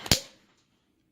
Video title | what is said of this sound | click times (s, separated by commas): Review : Cold Steel Code 4 - Worth it. | it it works great it's got a nice snap to it | 0.1 s